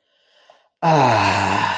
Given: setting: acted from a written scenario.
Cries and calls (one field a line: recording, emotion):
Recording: vocal sound without words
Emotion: serenity